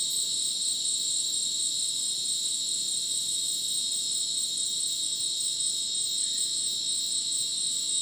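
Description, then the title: Steady chorus of crickets, a dense, buzzy high-pitched ringing with several overlapping tones and no pauses. Dense insect chorus sounding like a polyrhythmic electronic concert, after sunset in dense rainforest, Madidi National Park, Ucumari, Bolivia; AT BP4029 microphone, MixPre 6 recorder. "Madidi National Park, Ucumari, Bolivia - Supersonic Crickets in the rainforest"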